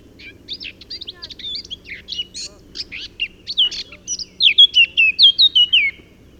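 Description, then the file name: Eurasian blackcap song, a long scratchy warble of quick varied notes that ends in a loud series of pure descending fluty whistles. "Sylvia atricapilla"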